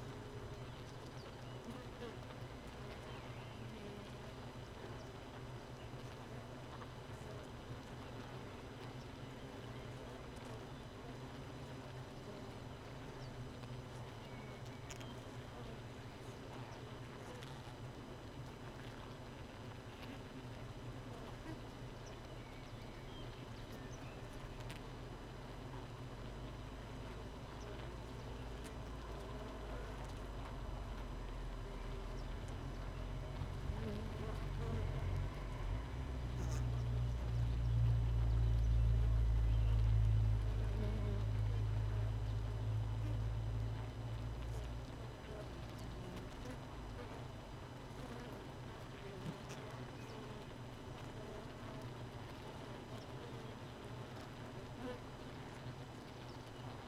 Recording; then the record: honeybee colony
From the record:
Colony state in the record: missing queen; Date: 31 May 2018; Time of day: 4:08